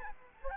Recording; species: mosquito wingbeat signal from an infrared sensor; Aedes albopictus